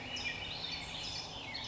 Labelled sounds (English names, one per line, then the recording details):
California Towhee
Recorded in Sonoma County, California